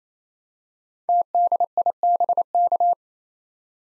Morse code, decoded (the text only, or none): TDIBK